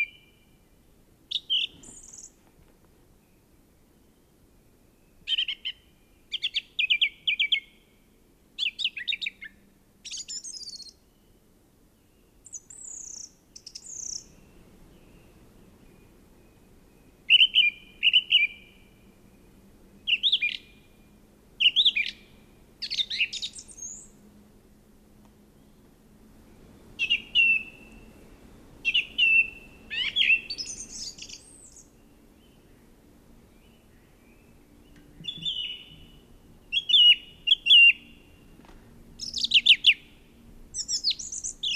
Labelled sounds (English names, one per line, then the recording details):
Song Thrush song
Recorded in the wild
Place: Garmisch-Partenkirchen, Bayern, DE
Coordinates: 47.5203, 11.0817
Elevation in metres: 847
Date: 1969-04-04
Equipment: Nagra
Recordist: Tretzel, Erwin
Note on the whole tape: Auffahrt Pflegersee, Garmisch-Partenkirchen: Gesang